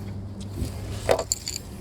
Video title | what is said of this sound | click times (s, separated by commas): how to replace clutch release bearing 181 Toyota Verso | You will hear click if it is locking up. Like so, this | 1.3 s